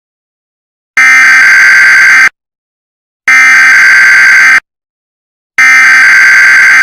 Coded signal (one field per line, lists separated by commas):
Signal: Emergency Alert System (SAME) tones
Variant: header bursts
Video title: Sheriff Woody Channel EAS Test